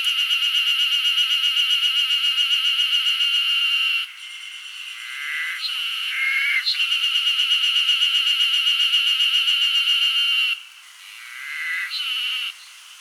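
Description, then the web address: Cicadas buzzing: a loud, high, pulsing buzz throbbing about four times a second, broken twice by shorter, lower rasping phrases, the steady drone resuming only after the first. Wild cicadas screeching in Hokkaido, Japan. "Google Sounds Sound Matters. Cicadas scree in wild hokkaido"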